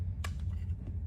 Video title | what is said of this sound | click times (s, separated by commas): S2000 Won't Start - This will save you | and locks into place. | 0.2 s